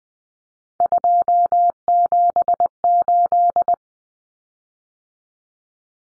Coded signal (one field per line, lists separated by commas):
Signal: Morse code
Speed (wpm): 20 wpm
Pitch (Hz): 700 Hz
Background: none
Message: 278